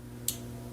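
A crimped metal pin on a sensor cable wire is squeezed and pushed into a plastic connector housing. A single sharp, bright click at 0.3 s stands out above a steady low hum as the pin seats in the housing.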